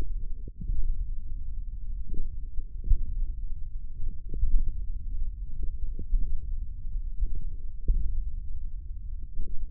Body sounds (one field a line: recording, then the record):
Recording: forearm muscle sounds (acoustic myography)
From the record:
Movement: tripod grip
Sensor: system 1, eight BSWA MPA416 microphones around the upper forearm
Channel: 5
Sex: male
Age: 28 years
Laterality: right